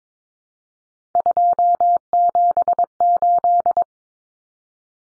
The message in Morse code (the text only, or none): 278